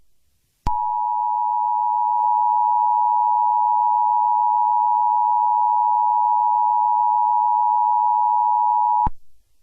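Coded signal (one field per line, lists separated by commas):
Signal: Emergency Alert System (SAME) tones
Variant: 853 and 960 Hz attention tone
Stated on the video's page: Fictional EAS scenario, Five Nights at Freddy's themed.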